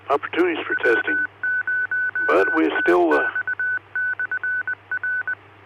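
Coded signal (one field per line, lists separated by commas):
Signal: Morse code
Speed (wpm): 20 wpm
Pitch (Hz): 1500 Hz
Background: speech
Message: W0TX/R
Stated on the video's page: Weekly club net on 145.490 MHz repeater, 100 Hz PL, linked to 448.625 MHz.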